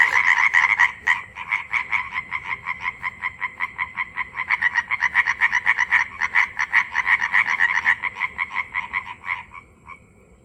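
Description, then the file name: European tree frog calling in a quick series of loud, clipped croaks, then fading and stopping near the end. "Hyla arborea"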